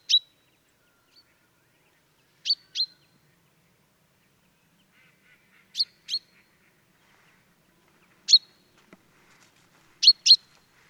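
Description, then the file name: Common chaffinch giving short, sharp high call notes, mostly in quick pairs, spaced a few seconds apart over a quiet background. "Fringilla coelebs"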